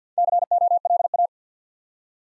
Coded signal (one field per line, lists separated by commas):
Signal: Morse code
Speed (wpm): 53 wpm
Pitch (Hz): 700 Hz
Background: none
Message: COLA